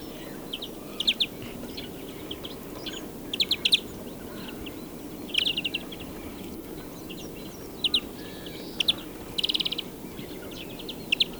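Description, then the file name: European greenfinch calls: short clusters of quick, high chipping notes in irregular bursts, with a steady low background hum throughout. "Chloris chloris"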